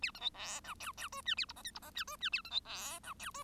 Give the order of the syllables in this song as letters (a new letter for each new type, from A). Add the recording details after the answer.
A B C D E F F G H A I J K I J H G H A B C D E F G. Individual Bird1